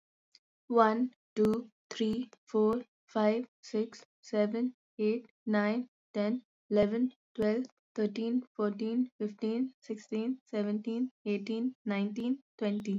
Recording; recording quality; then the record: counting at a normal pace; excellent, no background noise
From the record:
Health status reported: COVID-19 positive, no symptoms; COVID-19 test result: positive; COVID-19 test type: RT-PCR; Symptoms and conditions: fever, fatigue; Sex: female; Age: 24 years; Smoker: no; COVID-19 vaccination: both doses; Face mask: not worn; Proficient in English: yes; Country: India